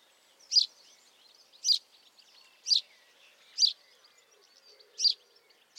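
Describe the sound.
House sparrow calling with several loud, abrupt chirps repeated roughly once a second, with faint twittering between them.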